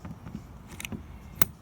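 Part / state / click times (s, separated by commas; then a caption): hex driver bit into impact driver quick-release chuck / seated / 1.4 s. A hex driver bit is slipped one-handed into the spring-loaded quick-release chuck of a KIMO impact driver, with faint metallic rattles and light ticks around 0.8–0.9 s. The chuck sleeve snaps back with a sharp, bright click at 1.4 s, locking the bit in place and leaving it seated.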